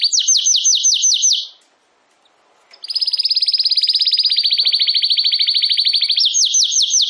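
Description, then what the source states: Domestic canary song: repeated downslurred pulsed notes, a brief silence, then a long continuous rolling trill ending with quick downslurred notes. Belgian canary singing in the campainha song style.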